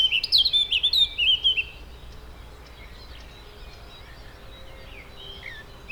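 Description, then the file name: Eurasian blackcap delivering one loud, rapid warbled phrase of bright whistled notes at the start, followed by near quiet with faint chirps. "Sylvia atricapilla"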